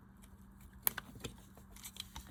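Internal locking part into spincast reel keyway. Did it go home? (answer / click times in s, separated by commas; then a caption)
partly / 0.9 s. An internal locking part is pushed down and rotated into the keyway of an Abu Matic Garcia 40 spincast reel, giving a sharp, loud click at 0.9 s followed by a few fainter ticks. This is only the first of two lock clicks, so the part is partly seated and not yet fully locked.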